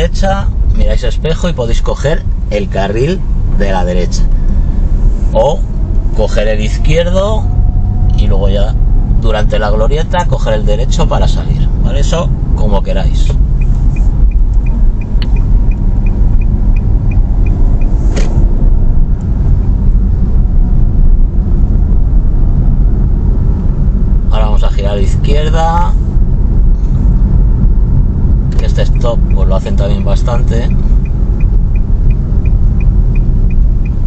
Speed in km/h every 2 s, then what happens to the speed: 17, 17, 23, 26, 27, 27, 27, 26, 30, 29, 33, 34, 35, 36, 35, 32, 30.
0-7 speeds up to 27. 7-14 steady at about 27. 14-25 speeds up to 36.